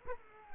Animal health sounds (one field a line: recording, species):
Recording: mosquito wingbeat signal from an infrared sensor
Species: Culex quinquefasciatus